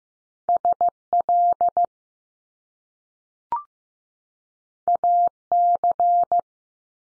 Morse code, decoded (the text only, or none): S LA C